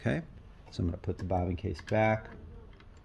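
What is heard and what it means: Someone talks while handling the metal bobbin case of a Juki DU-1181N industrial sewing machine, having loosened its tension screw a half turn counterclockwise to change from size T70 to T135 thread. The case is being refitted into the rotary hook, and a faint tick comes near 2.8 s. Nothing has seated or clicked into place yet.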